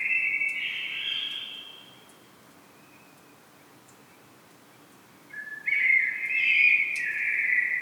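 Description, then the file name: Common blackbird song: a warbled phrase tails off at the start, a quiet stretch, then a rising, fluty phrase with brighter twittering notes. "Turdus merula"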